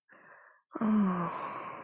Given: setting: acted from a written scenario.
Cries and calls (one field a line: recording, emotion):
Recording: vocal sound without words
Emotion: ecstasy